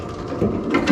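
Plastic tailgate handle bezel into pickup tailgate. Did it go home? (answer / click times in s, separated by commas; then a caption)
yes / 0.7 s. A new plastic trim part on a Chevy/GMC pickup tailgate, likely the handle bezel, is pressed in by hand. Low rubbing and handling noise builds to a sharp snap at 0.8 s, followed by another brief burst near the end. The part snaps into place and is seated.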